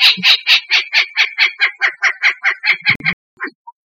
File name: strix rufipes